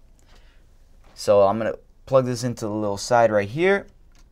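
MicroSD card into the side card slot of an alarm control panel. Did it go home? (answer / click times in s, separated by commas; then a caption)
no / none. A microSD card is being pushed into the side card slot of a Qolsys IQ Panel 2 Plus alarm control panel, and someone talks throughout. Only two faint ticks at about 0.2 s and 4.2 s are heard, and the card has not yet seated or clicked into the slot.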